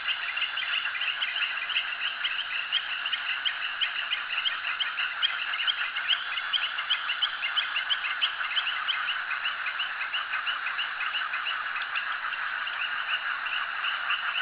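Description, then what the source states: Frog chorus of rapid chirping pulses, densely overlapping and continuous for the whole stretch. Frogs calling at a jetty.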